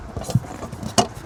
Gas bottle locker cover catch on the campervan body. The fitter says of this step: locks into place. There we go.